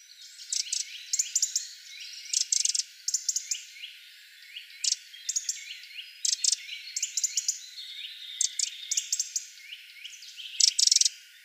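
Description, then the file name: Eurasian wren giving dry, rapid tick calls in irregular bursts throughout, with quieter high chirping notes in the background. "Troglodytes troglodytes"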